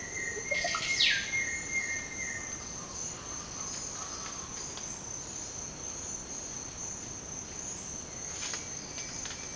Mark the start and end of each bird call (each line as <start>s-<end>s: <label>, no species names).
0.00s-2.41s: bird call